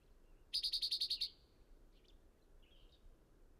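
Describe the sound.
Bird singing a quick trill of about eight evenly spaced high, buzzy notes, followed by a few faint soft chirps over steady background noise.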